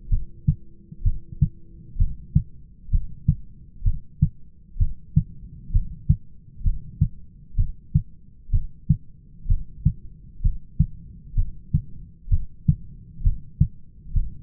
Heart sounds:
heart sounds by stethoscope; 64 bpm
0.11 s: heartbeat
1.05 s: heartbeat
1.99 s: heartbeat
2.92 s: heartbeat
3.85 s: heartbeat
4.80 s: heartbeat
5.73 s: heartbeat
6.65 s: heartbeat
7.58 s: heartbeat
8.53 s: heartbeat
9.49 s: heartbeat
10.44 s: heartbeat
11.37 s: heartbeat
12.31 s: heartbeat
13.24 s: heartbeat
14.15 s: heartbeat
From the record:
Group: heart failure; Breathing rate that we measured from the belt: 16 breaths a minute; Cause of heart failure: idiopathic cardiomyopathy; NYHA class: 1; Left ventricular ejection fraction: 50%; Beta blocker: bisoprolol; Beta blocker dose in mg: 5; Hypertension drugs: candesartan, spironolactone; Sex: male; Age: 54 years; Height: 180 cm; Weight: 94.6 kg

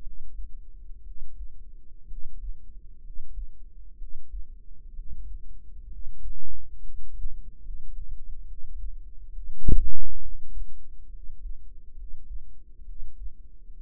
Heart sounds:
heart sounds by microphone in the right ear; 66 bpm
0.01 s: heartbeat
1.01 s: heartbeat
2.05 s: heartbeat
2.99 s: heartbeat
3.95 s: heartbeat
4.92 s: heartbeat
5.86 s: heartbeat
6.76 s: heartbeat
7.59 s: heartbeat
8.44 s: heartbeat
9.30 s: heartbeat
10.19 s: heartbeat
11.08 s: heartbeat
11.93 s: heartbeat
12.82 s: heartbeat
13.75 s: heartbeat
From the record:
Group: healthy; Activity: cold pressor test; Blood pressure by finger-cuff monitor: 116/74 mmHg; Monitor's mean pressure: 85 mmHg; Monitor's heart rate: 66 bpm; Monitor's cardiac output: 5.2 L/min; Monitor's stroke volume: 79 mL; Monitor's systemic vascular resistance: 1180 dyn s/cm5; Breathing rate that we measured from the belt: 14 breaths a minute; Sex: female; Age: 22 years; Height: 171 cm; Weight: 65.6 kg

